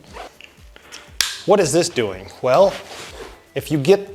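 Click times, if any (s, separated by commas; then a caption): 1.2 s. A plastic waist belt buckle on the hip strap of a ham radio backpack is clicked shut while the belt is being adjusted. A sharp, loud click is heard at 1.2 s, with quieter taps before it and someone talking around it. The buckle seats.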